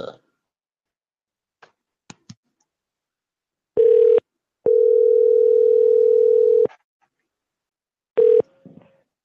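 A telephone dial tone hums at a steady low pitch while a test call is being placed: a short burst, a longer tone lasting about two seconds, then another brief burst, preceded by a few faint clicks and no talking.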